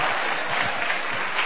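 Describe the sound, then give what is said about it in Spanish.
A crowd claps steadily, a dense and even patter of many hands at a fairly loud level, with no voices over it. “¿Qué aplauso ni qué nada?”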